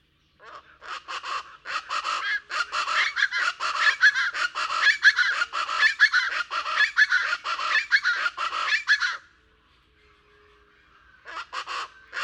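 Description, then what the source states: Plain Chachalaca pair in a loud, raucous cackling duet, a dense rhythmic series for several seconds, a pause, then the cackling resumes. Close-up recording of a pair's raucous duet in the morning; the female answers the male with her higher-pitched part; lower Rio Grande Valley, Texas.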